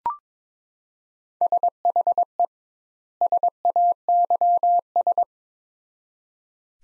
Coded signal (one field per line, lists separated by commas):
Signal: Morse code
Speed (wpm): 22 wpm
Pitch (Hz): 700 Hz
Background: none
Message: SHE SAYS